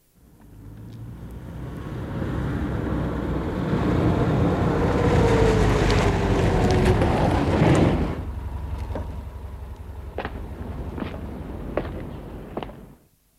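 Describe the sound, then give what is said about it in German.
A loud, steady roar of water from the reservoirs above Kaprun in the Hohe Tauern rushing down through pressure pipes to the valley builds and swells for several seconds, then cuts down abruptly to a low rumble dotted with sharp, irregular clicks and knocks. “Und durch die Druckrohrleitungen schießt das gefangene Wasser zu Tal.”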